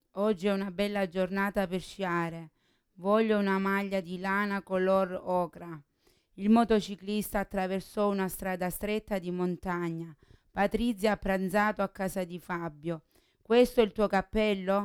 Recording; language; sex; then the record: read phrases; Italian; female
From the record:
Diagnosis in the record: Parkinson's disease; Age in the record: 40 years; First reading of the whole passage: 61 s, 7.8 characters per second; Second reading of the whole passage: 52 s, 9.9 characters per second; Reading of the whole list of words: 55 s, 5.1 characters per second